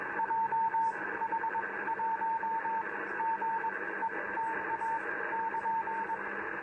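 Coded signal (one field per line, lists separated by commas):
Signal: Morse code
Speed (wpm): 22 wpm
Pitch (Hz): 900 Hz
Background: radio noise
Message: JH1 GETA <KN>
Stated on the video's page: CW contact with a station in Japan answering a CQ; 12 m vertical antenna, FT-2000 with Ameritron AL-811HXCE amplifier at 400 watts.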